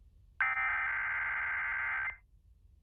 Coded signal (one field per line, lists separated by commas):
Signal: Emergency Alert System (SAME) tones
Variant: header bursts